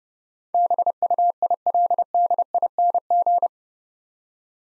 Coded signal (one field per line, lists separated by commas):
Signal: Morse code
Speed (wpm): 28 wpm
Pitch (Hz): 700 Hz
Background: none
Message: BUILDING